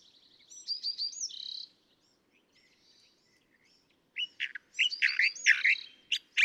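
California thrasher giving a short whistled and buzzy phrase, a pause, then a burst of harsh, varied notes.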